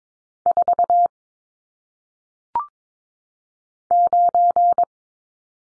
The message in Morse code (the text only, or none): 4 9